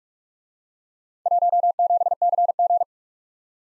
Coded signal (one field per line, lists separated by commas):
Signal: Morse code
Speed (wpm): 43 wpm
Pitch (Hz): 700 Hz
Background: none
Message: 17CG